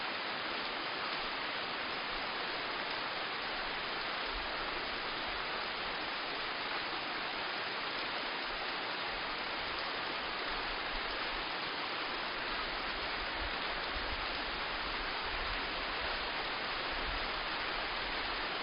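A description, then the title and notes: Steady, dense hiss of rain with no pauses or separate drops, bright and even throughout, cutting off sharply above the upper treble. Rain Sounds White Noise. Recorded in the Rain Forests of Costa Rica.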